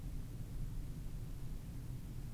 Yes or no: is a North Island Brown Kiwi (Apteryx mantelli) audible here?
no